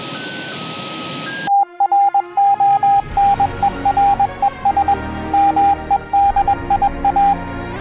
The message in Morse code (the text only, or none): TRONERES MEDIA